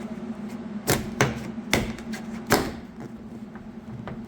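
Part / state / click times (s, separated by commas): plastic retaining clip of a door trim molding in a car door / released / 1.2 s, 1.7 s, 2.5 s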